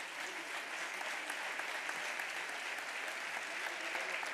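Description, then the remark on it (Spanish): Sustained applause from a crowd for Rally Crono drivers gathered on the podium at an awards gala, a dense, even wash of many hands clapping at steady loudness throughout, with no voices standing out. “Este es el aplauso para los chicos del Rally Crono.”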